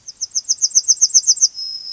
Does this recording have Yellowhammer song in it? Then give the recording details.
yes. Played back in grassland. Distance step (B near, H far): B. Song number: 014